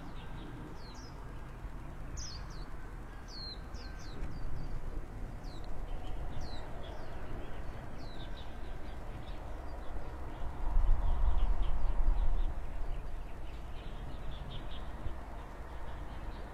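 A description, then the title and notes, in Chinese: Birds chirp with short bright calls scattered throughout, over a steady low rumble that swells louder around eleven to thirteen seconds. 乡间屋前鸟儿欢快嬉闹中。清晨起床，推开窗户，只见鸟儿嬉闹于枝头，一片和谐与安静。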